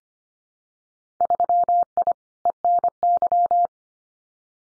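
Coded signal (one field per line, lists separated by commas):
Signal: Morse code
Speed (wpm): 25 wpm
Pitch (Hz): 700 Hz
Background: none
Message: 3I ENY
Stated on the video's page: Morse head-copy drill of randomly chosen Winter Field Day contest exchanges at 25 wpm, each sent, spoken, then sent again.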